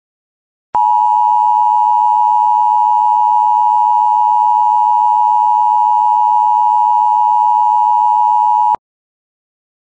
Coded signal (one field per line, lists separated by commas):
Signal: Emergency Alert System (SAME) tones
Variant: 853 and 960 Hz attention tone